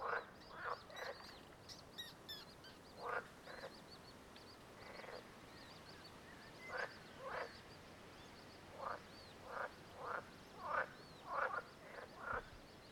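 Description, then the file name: Frog giving rasping croaks in irregular runs throughout, about one or two a second, while faint high-pitched notes chatter in the background. "Nature Sounds Frog"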